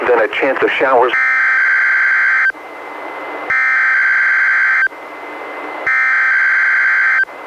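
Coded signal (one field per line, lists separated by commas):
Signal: Emergency Alert System (SAME) tones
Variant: header bursts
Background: speech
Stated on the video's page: Required Weekly Test tones from NWS Portland relayed by NOAA Weather Radio station in Astoria, received on a Reecom R-1630 weather radio and recorded via Zoom H1.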